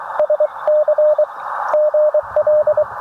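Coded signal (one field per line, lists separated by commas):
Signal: Morse code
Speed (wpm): 21 wpm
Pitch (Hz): 590 Hz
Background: radio noise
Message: SC GL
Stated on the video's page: Morning QRP Parks on the Air activation with an Elecraft K2, BamaKey TP-III paddle and 40m end-fed half-wave antenna.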